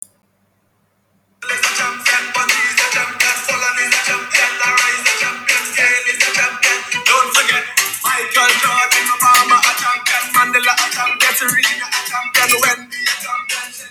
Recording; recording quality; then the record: heavy voluntary cough; poor, much background noise or distortion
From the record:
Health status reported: COVID-19 positive, no symptoms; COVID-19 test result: positive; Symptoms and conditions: breathing difficulty, diarrhoea, asthma, chronic lung disease, diabetes, ischaemic heart disease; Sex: other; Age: 77 years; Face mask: not worn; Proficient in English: yes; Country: France